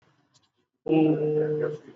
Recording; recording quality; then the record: sustained vowel as in boot; excellent, no background noise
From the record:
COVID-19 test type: RT-PCR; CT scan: not taken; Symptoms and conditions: cough, cold, fever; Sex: female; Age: 35 years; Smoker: no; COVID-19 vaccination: both doses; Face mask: worn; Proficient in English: yes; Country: India